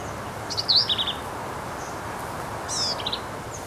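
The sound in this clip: Black-capped vireo song: two energetic, high, chattery phrases mixing a sharp upslurred note with buzzy fragments, separated by a short quiet gap.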